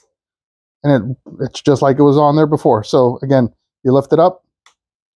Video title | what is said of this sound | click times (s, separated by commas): LED Hand Controls | hear that little click, and then just give it that kind of like slide, | 4.7 s